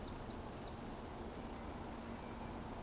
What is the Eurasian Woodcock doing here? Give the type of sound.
whistle